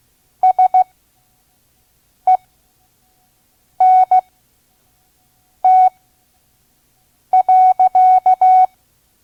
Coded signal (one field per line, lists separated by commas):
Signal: Morse code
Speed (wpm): 16 wpm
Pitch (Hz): 740 Hz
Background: none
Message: SENT.